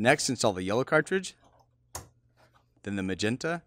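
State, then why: Seated. Someone talks while a yellow ink cartridge is installed into its slot in the printer carriage. A single loud click at 2.0 seconds marks the cartridge snapping home and seating, and then someone talks again.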